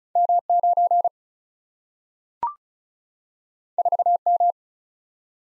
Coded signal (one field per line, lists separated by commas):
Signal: Morse code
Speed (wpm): 36 wpm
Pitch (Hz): 700 Hz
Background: none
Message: M 9 4 M